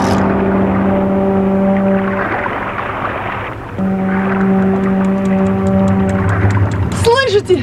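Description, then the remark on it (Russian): Mikheich's boat siren, answering with double signals on the Yenisei river fairway, sounds two long, steady blasts in a deep harmonic drone, each lasting a couple of seconds with a brief gap between, loud over a low rumble of water and engine. “Вот это сирена Михеича.”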